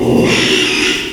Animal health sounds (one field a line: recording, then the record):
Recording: squeal of a Yucatan mini pig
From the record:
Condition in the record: after surgery on the right vocal fold (resection and tissue-engineered implant)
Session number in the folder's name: 1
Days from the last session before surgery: 6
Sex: male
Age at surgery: 12 weeks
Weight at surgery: 13 kg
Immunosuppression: cyclosporine, prednisolone